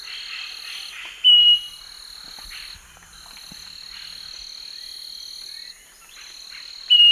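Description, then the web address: Scaly-breasted Wren song of slow, isolated pure whistles, two short notes spaced nearly six seconds apart, with a steady insect drone running underneath. Song; eastern lowlands of South America. "Natures Songs S America Eastern Lowlands Microcerculus marginatus, song"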